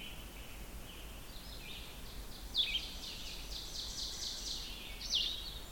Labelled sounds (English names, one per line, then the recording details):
Ovenbird song
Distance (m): 60 m
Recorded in boreal forest in Alberta, Canada, on 16 June 2016 at 06:22
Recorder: SongMeter 3, array SBT-3-32
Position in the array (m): 82 m, -13 m
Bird 36